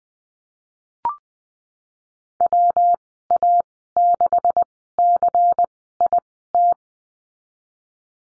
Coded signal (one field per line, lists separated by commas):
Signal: Morse code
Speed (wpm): 20 wpm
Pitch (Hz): 700 Hz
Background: none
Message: WA6CIT